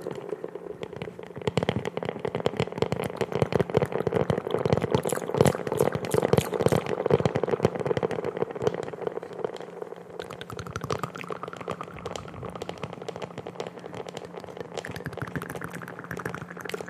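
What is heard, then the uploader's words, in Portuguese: Intense wet mouth sounds, a dense run of rapid clicks, smacks and sticky pops with no pause. The busiest, brightest stretch falls around 2 to 8 seconds. After about 10 seconds the clicking thins slightly, and a faint steady tone runs beneath. ASMR COM ECO: SONS DE BOCA INFINITOS. ASMR intenso com sons de boca molhados.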